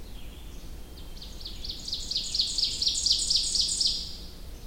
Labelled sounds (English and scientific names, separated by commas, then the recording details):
Ovenbird (Seiurus aurocapilla) song
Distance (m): 25 m
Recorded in boreal forest in Alberta, Canada, on 21 June 2016 at 06:51
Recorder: SongMeter 3, array SBT-6-81
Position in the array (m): 32 m, 95 m
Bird 24